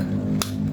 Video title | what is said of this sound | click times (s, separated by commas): CARA PERBAIKI KIPAS MINI PORTABEL‼️MINI FAN AC COOLER @gempurabis9242 | sampai bunyi klek. | 0.4 s